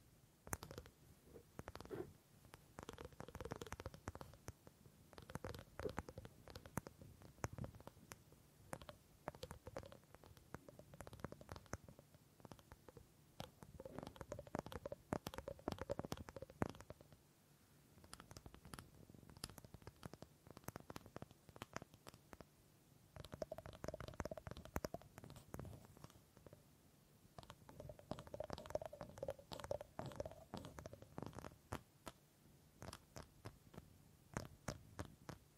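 Wood triggers: dense, rapid tapping and scratching on wood in bursts, with brief quiet gaps near 12, 18 and 27 seconds.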